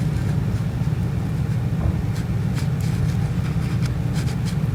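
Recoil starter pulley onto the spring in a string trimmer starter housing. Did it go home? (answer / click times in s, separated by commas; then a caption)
no / none. A plastic starter spool (pulley) for a Troy-Bilt string trimmer recoil starter is set onto the coiled recoil spring in the starter housing and turned to line it up so the spring hook will engage. A steady low hum runs throughout, with faint light handling ticks, including a brief tick near 3.9 s. The pulley has not yet seated or clicked onto the spring.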